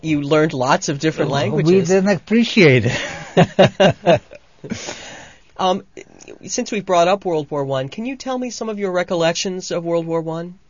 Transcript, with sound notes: You learned lots of different languages.
We didn't appreciate it. [Both laugh]
Since we brought up World War One, can you tell me some of your recollections of World War One?